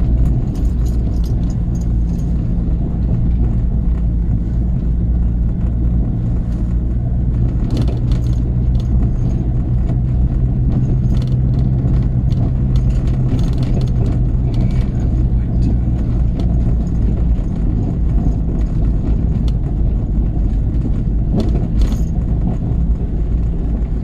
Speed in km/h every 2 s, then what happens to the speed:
24, 23, 23, 24, 26, 26, 26, 24, 24, 21, 21, 23.
0-24 steady at about 24.